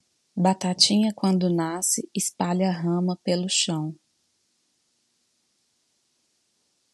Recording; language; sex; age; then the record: short text; Brazilian Portuguese; female; 30 to 39 years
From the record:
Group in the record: control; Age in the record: 36 years